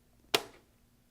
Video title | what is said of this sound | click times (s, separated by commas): It's Sew Friday - Penny's Dolls | Wasn't that a very satisfying click? | 0.4 s